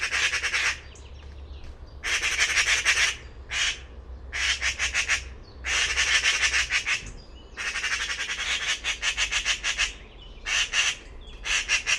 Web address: cianscape birddata Deverinetal 2025 File origin Bird Only More Classes Pi Pi Pi Pi